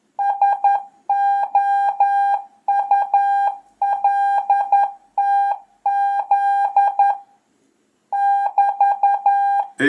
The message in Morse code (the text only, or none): SOULTZ <BT>